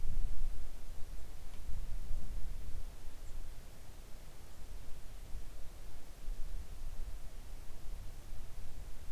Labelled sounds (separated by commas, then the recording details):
songbird
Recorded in the Arctic National Wildlife Refuge, Alaska, on 3 August 2019 at 05:32
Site 41